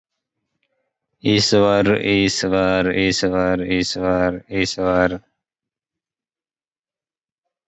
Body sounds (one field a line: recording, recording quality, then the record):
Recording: sustained vowel as in beet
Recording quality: poor, much background noise or distortion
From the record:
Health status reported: COVID-19 positive, mild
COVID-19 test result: positive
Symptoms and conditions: cough, sore throat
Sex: male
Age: 34 years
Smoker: not ticked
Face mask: worn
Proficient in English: yes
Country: India